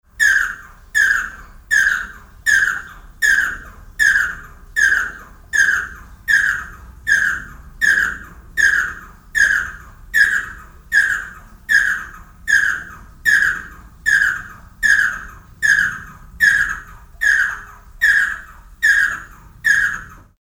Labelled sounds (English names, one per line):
Red-whiskered Bulbul